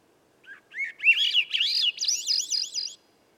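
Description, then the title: Swainson's thrush song: a single phrase of breezy, fluted notes spiralling upward in pitch, with fast wavering loops at the top. The background is otherwise quiet. Dusk song near a campsite, from about 3 m up a red alder 9 m away at a cut clearing's edge amid young hemlock and redcedar; other birds silent; 15-minute performance; Sound Devices MixPre6, MicBooster Pluggy. "A Swainson's Thrush Gift"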